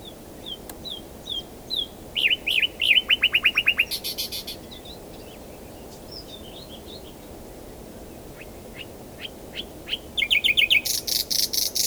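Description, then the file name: Common nightingale singing bursts of rapid, evenly repeated notes and harsh buzzy rattles between soft whistles. A quieter gap is followed by another fast, rattling phrase. "Luscinia megarhynchos"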